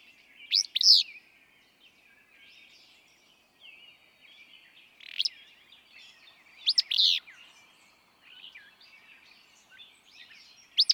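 Willow flycatcher song, an abrupt sneezing phrase with a buzzy ending, given a few times at irregular gaps amid soft background twitters.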